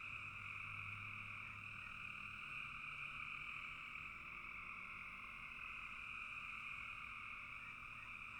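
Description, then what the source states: Frogs calling together in a constant shimmering trill, with a low hum underneath during the first seconds. Frogs calling in a bog.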